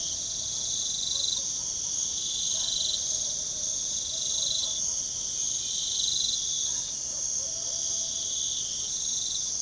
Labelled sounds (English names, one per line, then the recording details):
none
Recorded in pastures near Puerto Asís, Putumayo, Colombia, on 24 June 2025 at 03:30
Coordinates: 0.497, -76.327
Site G040